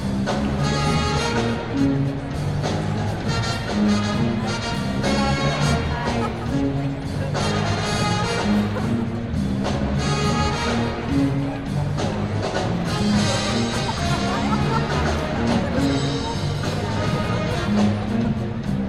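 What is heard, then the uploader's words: A brass band plays loud, dense sustained chords in a large echoing arena, its low notes shifting every second or so over constant crowd murmur. Brass band during basketball game in stadium - Binaural field recording Austin, Texas. Game: Texas-Texas State. This is a binaural audio recording.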